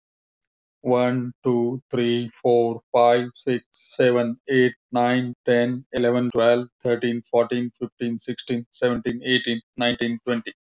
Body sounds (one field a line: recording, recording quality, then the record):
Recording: counting at a fast pace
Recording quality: excellent, no background noise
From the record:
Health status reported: healthy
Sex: male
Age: 49 years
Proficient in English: yes